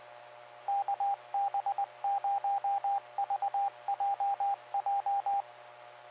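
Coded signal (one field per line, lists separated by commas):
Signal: Morse code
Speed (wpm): 20 wpm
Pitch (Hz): 800 Hz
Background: radio noise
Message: KB0VJJ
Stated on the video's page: ARES statewide VHF net on the Colorado Connection statewide linked repeater system.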